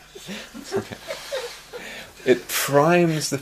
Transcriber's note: background noises, laughter